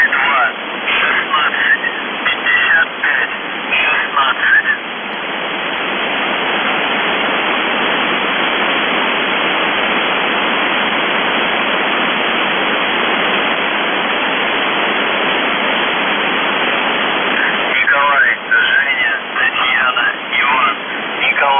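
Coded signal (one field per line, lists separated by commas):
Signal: numbers station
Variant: UVB-76, Russian voice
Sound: voice reading words through heavy hiss, a long stretch of static, then more voice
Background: radio static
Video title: The Buzzer/UVB-76(4625Khz) December 8, 2021 12:26UTC Voice message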